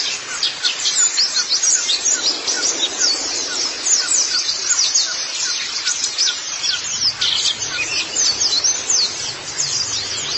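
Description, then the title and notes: White-eye giving a fast, high-pitched warbling twitter of sharp chirps and thin slides, running continuously with slight swells in loudness. "Kicauan Burung Pleci Durasi Panjang. Suara kicauan burung pleci"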